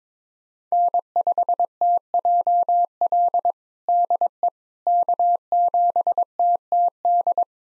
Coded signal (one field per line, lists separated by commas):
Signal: Morse code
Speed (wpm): 22 wpm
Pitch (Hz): 700 Hz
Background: none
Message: N5TJL DE K7TTD